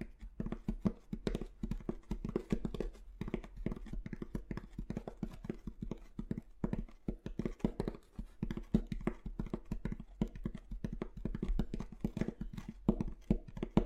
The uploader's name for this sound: Tapping on Different Objects